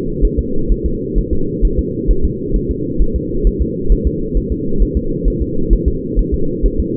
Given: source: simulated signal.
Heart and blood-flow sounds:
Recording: fetal heart sounds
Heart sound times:
0.25 s: S1
0.39 s: S2
0.72 s: S1
0.86 s: S2
1.18 s: S1
1.33 s: S2
1.65 s: S1
1.79 s: S2
2.11 s: S1
2.25 s: S2
2.56 s: S1
2.71 s: S2
3.02 s: S1
3.16 s: S2
3.47 s: S1
3.62 s: S2
3.92 s: S1
4.07 s: S2
4.37 s: S1
4.52 s: S2
4.83 s: S1
4.97 s: S2
5.28 s: S1
5.42 s: S2
5.73 s: S1
5.88 s: S2
6.19 s: S1
6.34 s: S2
6.66 s: S1
6.80 s: S2
From the record:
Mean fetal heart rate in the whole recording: 130 bpm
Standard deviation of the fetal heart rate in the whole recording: 2 bpm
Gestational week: 36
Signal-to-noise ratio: -8.1 dB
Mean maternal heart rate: 72 bpm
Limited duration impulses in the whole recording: absent

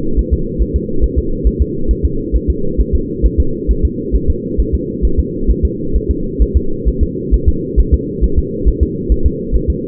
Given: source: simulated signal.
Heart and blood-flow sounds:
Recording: fetal heart sounds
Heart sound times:
0.19 s: S1
0.33 s: S2
0.62 s: S1
0.76 s: S2
1.04 s: S1
1.18 s: S2
1.47 s: S1
1.61 s: S2
1.91 s: S1
2.05 s: S2
2.36 s: S1
2.50 s: S2
2.81 s: S1
2.95 s: S2
3.26 s: S1
3.40 s: S2
3.71 s: S1
3.85 s: S2
4.16 s: S1
4.30 s: S2
4.60 s: S1
4.74 s: S2
5.05 s: S1
5.19 s: S2
5.51 s: S1
5.65 s: S2
5.96 s: S1
6.10 s: S2
6.42 s: S1
6.57 s: S2
6.88 s: S1
7.03 s: S2
7.34 s: S1
7.48 s: S2
7.80 s: S1
7.94 s: S2
8.24 s: S1
8.38 s: S2
8.68 s: S1
8.83 s: S2
9.12 s: S1
9.26 s: S2
9.55 s: S1
9.70 s: S2
From the record:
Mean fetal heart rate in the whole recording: 135 bpm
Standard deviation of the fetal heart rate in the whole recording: 3 bpm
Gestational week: 34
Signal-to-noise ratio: -8.1 dB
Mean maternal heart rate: 72 bpm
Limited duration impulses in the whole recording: absent

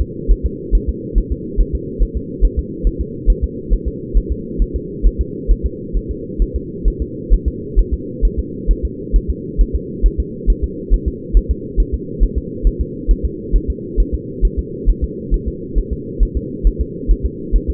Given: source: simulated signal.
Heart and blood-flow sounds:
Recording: fetal heart sounds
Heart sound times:
0.01 s: S2
0.31 s: S1
0.46 s: S2
0.75 s: S1
0.89 s: S2
1.18 s: S1
1.32 s: S2
1.61 s: S1
1.75 s: S2
2.03 s: S1
2.17 s: S2
2.45 s: S1
2.59 s: S2
2.87 s: S1
3.01 s: S2
3.30 s: S1
3.44 s: S2
3.73 s: S1
3.88 s: S2
4.17 s: S1
4.32 s: S2
4.62 s: S1
4.76 s: S2
5.06 s: S1
5.21 s: S2
5.51 s: S1
5.66 s: S2
5.97 s: S1
6.11 s: S2
6.42 s: S1
6.56 s: S2
6.88 s: S1
7.02 s: S2
7.34 s: S1
7.48 s: S2
7.79 s: S1
7.94 s: S2
8.25 s: S1
8.39 s: S2
8.71 s: S1
8.85 s: S2
9.16 s: S1
9.30 s: S2
9.61 s: S1
9.75 s: S2
10.06 s: S1
10.20 s: S2
10.50 s: S1
10.64 s: S2
10.94 s: S1
11.08 s: S2
11.37 s: S1
11.51 s: S2
11.80 s: S1
11.94 s: S2
12.23 s: S1
12.38 s: S2
12.67 s: S1
12.81 s: S2
13.11 s: S1
13.25 s: S2
13.56 s: S1
13.70 s: S2
14.00 s: S1
14.14 s: S2
14.45 s: S1
14.59 s: S2
14.90 s: S1
15.04 s: S2
15.34 s: S1
15.48 s: S2
15.78 s: S1
15.93 s: S2
16.23 s: S1
16.37 s: S2
16.67 s: S1
16.81 s: S2
17.11 s: S1
17.26 s: S2
17.56 s: S1
17.70 s: S2
From the record:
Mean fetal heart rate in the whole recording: 135 bpm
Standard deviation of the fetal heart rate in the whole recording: 3 bpm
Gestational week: 36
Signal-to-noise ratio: -4.1 dB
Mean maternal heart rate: no maternal heart sound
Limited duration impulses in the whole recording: absent

